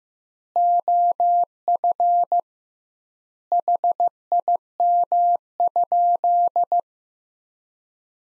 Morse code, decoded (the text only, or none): OF HIM?